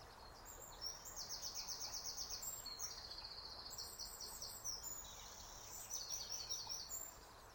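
Bird song: high, rapid trilled phrases repeated several times, with short pauses between them, over constant low background noise.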